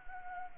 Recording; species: mosquito wingbeat signal from an infrared sensor; Anopheles gambiae